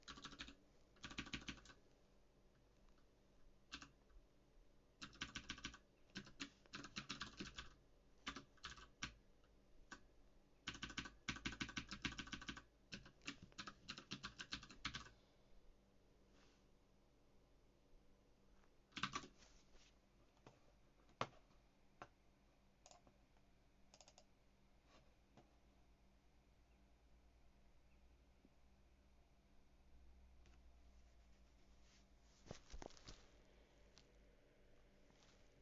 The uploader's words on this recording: Coding PHP on a HyperX Alloy FPS mechanical keyboard with Cherry MX Blue keys. Coding on a mechanical keyboard.